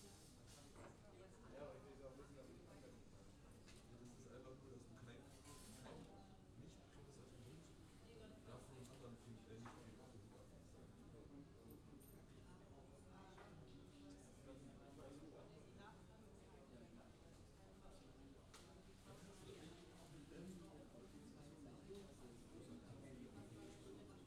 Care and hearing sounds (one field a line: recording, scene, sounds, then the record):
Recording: everyday scene through a hearing-aid microphone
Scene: many people talking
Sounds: many voices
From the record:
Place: university cafeteria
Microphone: in the ear canal, left